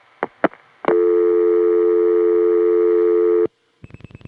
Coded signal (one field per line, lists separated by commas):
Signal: telephone call progress tone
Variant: North America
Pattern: dial tone